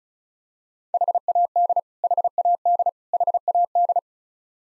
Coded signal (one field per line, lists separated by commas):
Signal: Morse code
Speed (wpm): 34 wpm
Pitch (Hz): 700 Hz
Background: none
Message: HAD HAD HAD